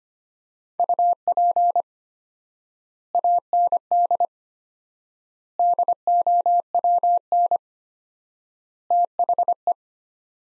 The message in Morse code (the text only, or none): UP AND DOWN THE